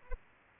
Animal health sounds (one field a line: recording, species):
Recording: mosquito wingbeat signal from an infrared sensor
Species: Aedes aegypti